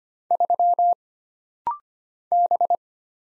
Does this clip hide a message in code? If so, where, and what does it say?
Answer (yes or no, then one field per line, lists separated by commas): yes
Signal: Morse code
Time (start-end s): 0.3-2.8 s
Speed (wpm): 25 wpm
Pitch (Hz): 700 Hz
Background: none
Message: 3 B